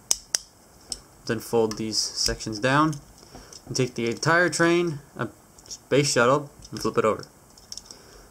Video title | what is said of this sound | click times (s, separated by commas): Transformers G1 Astrotrain - Review #12 | fold them up until they click | 0.1 s, 0.3 s